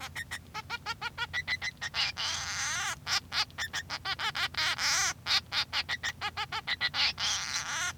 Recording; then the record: song of a male Bengalese finch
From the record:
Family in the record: son of father 3